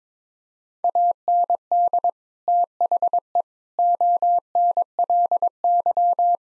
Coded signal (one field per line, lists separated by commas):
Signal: Morse code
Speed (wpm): 22 wpm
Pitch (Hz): 700 Hz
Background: none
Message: AND THE ONLY